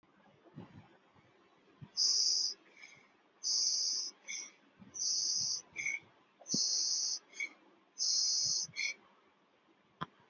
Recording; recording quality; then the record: shallow breathing; excellent, no background noise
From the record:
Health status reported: healthy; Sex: female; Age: 25 years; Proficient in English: yes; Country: India